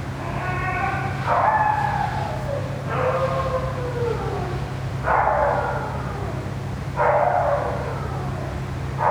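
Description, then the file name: Dog crying in drawn-out whines that slide downward in pitch, repeated about every two seconds, above a steady low humming drone. Dog crying near a ventilation system. "francisco meirino - a dog crying near a ventilation system"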